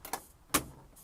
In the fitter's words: you don't press the button it won't lock into place so you just press the lch